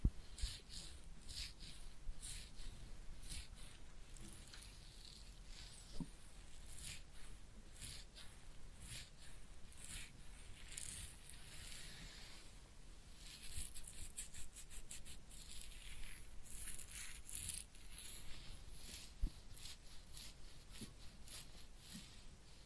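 A head massage and ear cleaning with soft, dense scratching and rubbing that continues throughout. Crisp bright rustles and quick brushing strokes come in bursts, growing faster and busier around the middle and the last third. A low steady rumble sits underneath.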